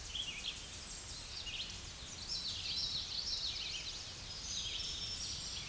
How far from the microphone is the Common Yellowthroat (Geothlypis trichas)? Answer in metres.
about 25 m